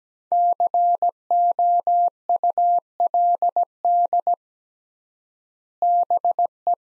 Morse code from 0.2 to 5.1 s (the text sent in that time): COULD